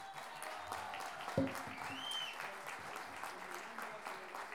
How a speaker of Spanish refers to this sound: Primero que nada, vamos a partir con un aplauso para los payadores y payadoras chilenas.